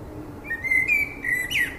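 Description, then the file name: Common blackbird calls: thin, high whistled notes ending in a sharp, rising squeak. "Turdus merula"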